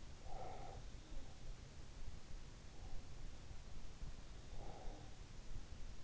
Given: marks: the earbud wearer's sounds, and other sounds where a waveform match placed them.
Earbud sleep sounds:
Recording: sounds in sleep by an in-ear microphone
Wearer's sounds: breath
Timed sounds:
0.23-1.59 s: breath
4.22-6.04 s: breath

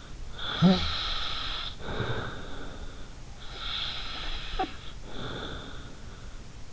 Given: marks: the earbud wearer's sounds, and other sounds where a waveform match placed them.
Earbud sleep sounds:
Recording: sounds in sleep by an in-ear microphone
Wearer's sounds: snoring breath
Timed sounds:
0.30-3.11 s: snoring breath
3.47-5.97 s: snoring breath

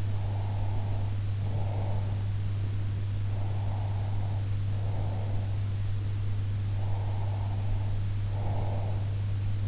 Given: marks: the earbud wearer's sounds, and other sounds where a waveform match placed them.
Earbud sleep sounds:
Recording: sounds in sleep by an in-ear microphone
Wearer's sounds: breath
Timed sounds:
0.00-2.33 s: breath
3.19-5.69 s: breath
6.66-9.21 s: breath

